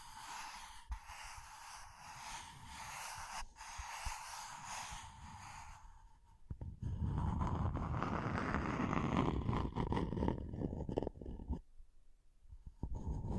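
Scratching and tracing: thin hissy strokes over a steady high tone, then louder, rougher low scraping after six seconds, with brief pauses near the end.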